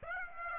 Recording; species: mosquito wingbeat signal from an infrared sensor; Aedes aegypti